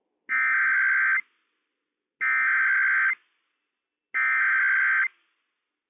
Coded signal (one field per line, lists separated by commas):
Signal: Emergency Alert System (SAME) tones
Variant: header bursts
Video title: Child Abduction Emergency - WWF56 - EAS #35 - 8:24 PM PST 1/6/21